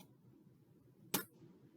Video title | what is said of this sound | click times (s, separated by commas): Making Numbers With Playdough (Fine Motor Skills) | did you hear that you need to hear your lid snap | 1.1 s